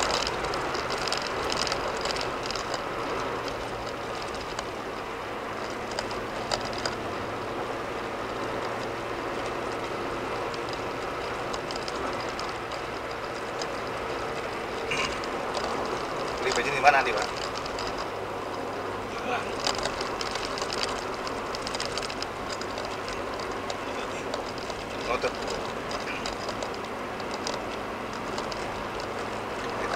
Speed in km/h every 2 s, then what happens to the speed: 98, 93, 85, 85, 89, 92, 89, 89, 85, 77, 77, 77, 79, 81, 84.
0-4 slows to 85. 4-11 speeds up to 92. 11-18 slows to 77. 18-30 steady at about 77.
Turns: none.